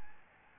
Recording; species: mosquito wingbeat signal from an infrared sensor; Aedes albopictus